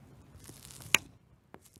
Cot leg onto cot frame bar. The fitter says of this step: There you go. And so once you hear that click, it's nice and locked into place.